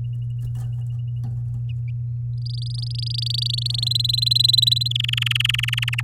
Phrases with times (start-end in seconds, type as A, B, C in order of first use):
2.37-3.84 A, 3.86-4.88 B, 4.90-6.01 C